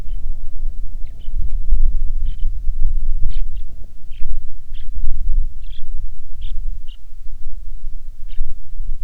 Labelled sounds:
songbird, wind

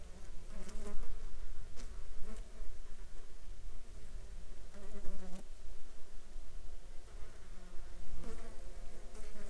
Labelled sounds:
insects

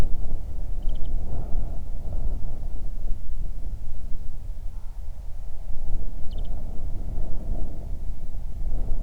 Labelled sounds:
songbird, wind

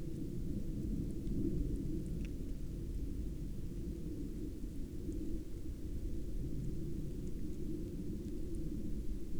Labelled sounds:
rain, aircraft

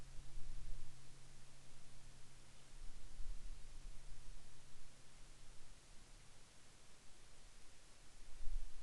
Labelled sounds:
aircraft

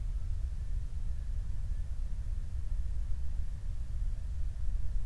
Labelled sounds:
flare stack

